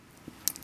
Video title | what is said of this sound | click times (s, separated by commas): Sony FDR-X1000V 4K Action Camera Unboxing | It goes ahead and locks in place just like this onto the bottom | 0.5 s